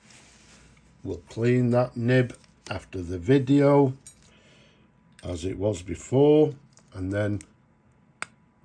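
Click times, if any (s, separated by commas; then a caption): 8.2 s. The cap of a Cross Townsend Siena lacquered metal fountain pen is pushed onto the pen barrel while someone talks. It snaps home with one sharp, bright click at 8.2 s, seated as it should be.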